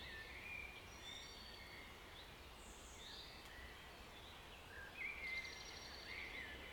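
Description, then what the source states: Birds: faint bird chorus with scattered high chirps and short whistled phrases, a brighter burst of song near the end. Birds in a forest.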